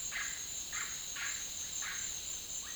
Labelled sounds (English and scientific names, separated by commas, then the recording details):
Russet-backed Oropendola (Psarocolius angustifrons)
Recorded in dense forest near Puerto Asís, Putumayo, Colombia, on 21 February 2024 at 08:30
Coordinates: 0.502, -76.324
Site G6370